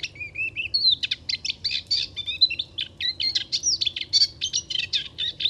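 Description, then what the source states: Moustached warbler song opening with a few whistled notes, then a lively, fast mix of chirps and slurred whistles. Singing in a reedbed along Chemin de Fangassier, Camargue, 23 March 2019; no wind; bird hard to see in the reeds; recorded with Wildtronic parabola, MKH8020 microphone and MixPre-3.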